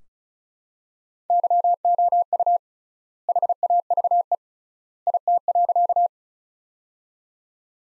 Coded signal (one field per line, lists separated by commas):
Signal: Morse code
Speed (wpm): 36 wpm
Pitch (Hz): 700 Hz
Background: none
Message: YOU HAVE IT.